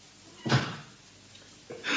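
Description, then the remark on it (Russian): A door swings shut with a solid, low thud that rings briefly, followed a moment later by a softer rattling knock as the latch settles. “А дверь кто будет закрывать?”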